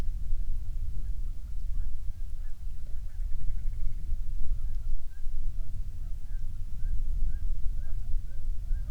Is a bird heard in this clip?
yes